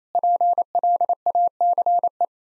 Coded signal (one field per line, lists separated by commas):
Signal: Morse code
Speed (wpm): 28 wpm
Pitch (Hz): 700 Hz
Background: none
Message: PLACE